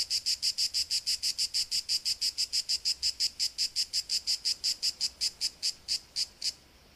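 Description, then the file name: Cicada call, fast regular high buzzy pulses that spread out toward the end and stop, leaving near silence for the final half second. "Cicada 2 euroblues"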